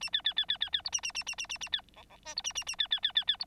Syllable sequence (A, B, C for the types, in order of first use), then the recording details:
A B B B B B B C A A A A A A A B D D E C A A A B B B B B C. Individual Bird9